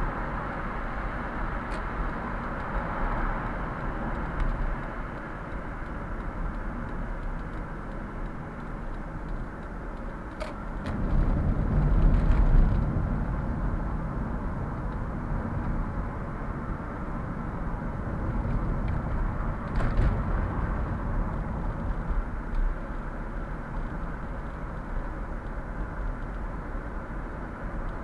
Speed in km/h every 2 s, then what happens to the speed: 58, 59, 57, 47, 40, 40, 42, 44, 45, 45, 44, 46, 47, 48.
4-8 brakes to 40. 8-28 steady at about 44.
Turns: 7-15.